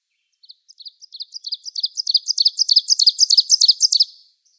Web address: Schulze Peter Ovenbird song